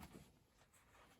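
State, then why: Not seated. A fold-down side latch on an underwater scooter's battery compartment housing is handled during a battery upgrade, being folded down from the up position to lock the housing shut. A low, rumbling handling noise is loudest in the first 0.2 seconds, then settles into a steady, quieter shuffle. Nothing has locked or clicked into place yet.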